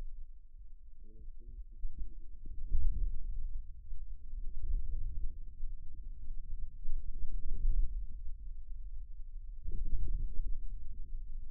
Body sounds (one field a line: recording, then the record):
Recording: forearm muscle sounds (acoustic myography)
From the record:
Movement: inward rotation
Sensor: system 2, bracelet of six BSWA MPA416 microphones around the upper forearm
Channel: 1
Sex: male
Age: 22 years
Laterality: right